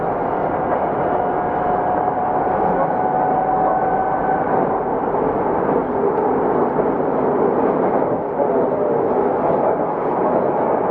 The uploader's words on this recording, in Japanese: 横浜市営地下鉄3000V形 湘南台ーあざみ野。普通運用を録音しました。